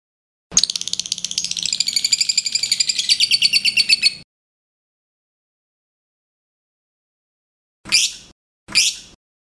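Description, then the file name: Lovebird trilling: a fast rattling series of high, harsh notes for about four seconds, then silence and two short, sharp squawks. Lovebird of the liontin type. "audio lovebird liontin omkicau"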